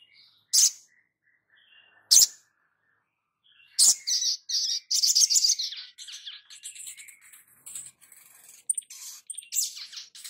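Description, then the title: Spiderhunter: two loud, piercing chirps, then a long, rapid stream of buzzy, jumbled high notes fading into quieter twitters. Labaik song variant. "Masteran Burung Sogok Ontong Labaik"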